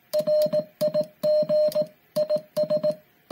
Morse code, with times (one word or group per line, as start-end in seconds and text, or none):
0.1-1.8 RIG
2.2-2.9 IS